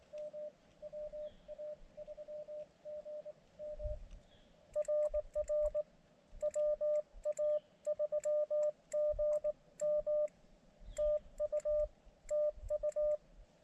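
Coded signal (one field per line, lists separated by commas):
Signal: Morse code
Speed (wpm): 21 wpm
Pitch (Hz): 600 Hz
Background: none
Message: M WA3GM RR WA3GM TU TU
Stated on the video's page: Morse from an Elecraft KX2 during a POTA park activation on 17 meters.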